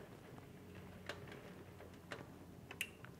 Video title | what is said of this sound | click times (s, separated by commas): How to Create a RAID 1 Array using Windows Storage Spaces | and you hear the little click in here so they go in there the two of them on this particular board | 2.8 s